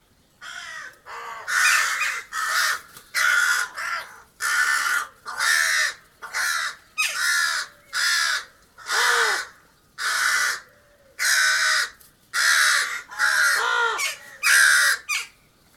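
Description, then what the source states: Crows cawing: harsh, hoarse caws repeated roughly once a second, with brief gaps between calls. Crows in a cherry tree.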